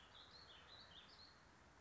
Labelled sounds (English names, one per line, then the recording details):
Warbling Vireo
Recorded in Sonoma County, California